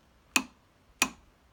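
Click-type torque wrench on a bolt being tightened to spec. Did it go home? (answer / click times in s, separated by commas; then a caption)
yes / 0.4 s, 1.0 s. A click-type torque wrench with a 5 mm Allen drive tightens a fastener in the flywheel area of a YZ250F motorcycle fitted with a Steahly flywheel weight. Two sharp clicks ring out at 0.4 s and 1.0 s as the wrench reaches its setting. The fastener is tightened to spec.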